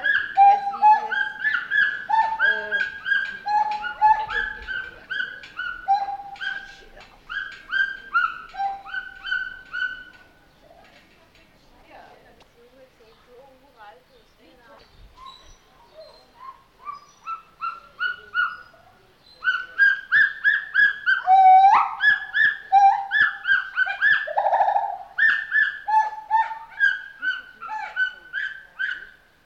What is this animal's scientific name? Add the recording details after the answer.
Hylobates pileatus. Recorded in captivity. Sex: pair. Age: adult. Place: Zoo Berlin, Berlin, DE. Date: 1988-07-23 10:12. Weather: sonnig, 21-30°C. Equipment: 19 cm Stereo. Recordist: Tembrock, Günter